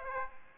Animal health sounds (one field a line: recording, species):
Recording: mosquito wingbeat signal from an infrared sensor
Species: Aedes aegypti